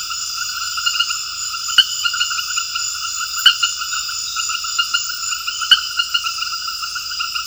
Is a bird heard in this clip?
no